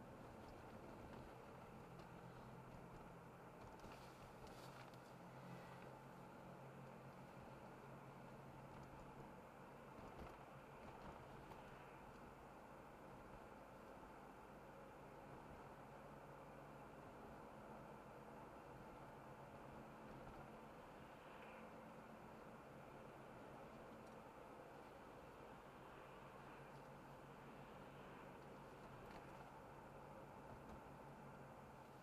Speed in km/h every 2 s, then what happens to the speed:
45, 47, 49, 49, 51, 52, 53, 55, 56, 57, 56, 59, 53, 53, 53, 51.
0-21 speeds up to 59.